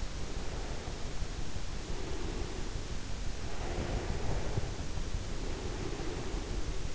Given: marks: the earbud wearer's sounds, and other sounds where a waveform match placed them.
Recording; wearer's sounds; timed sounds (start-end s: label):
sounds in sleep by an in-ear microphone; breath
0.16-2.79 s: breath
3.62-6.95 s: breath